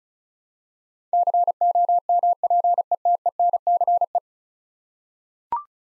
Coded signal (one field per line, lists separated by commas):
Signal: Morse code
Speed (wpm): 36 wpm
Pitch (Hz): 700 Hz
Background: none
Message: COMPETENCE